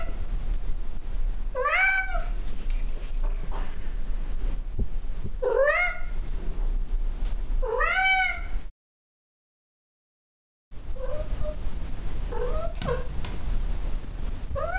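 Cat meowing: three loud rising-falling meows about every three seconds, a brief silent gap, then three softer, shorter meows.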